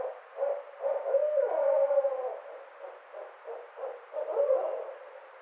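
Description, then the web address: Barred owl calling with rapid low hoots broken by a louder, wavering, drawn-out note, then more short hoots in uneven bursts. Recorded 29 May 2009. "Barred Owl 2009 05 29 Barred Owl 03"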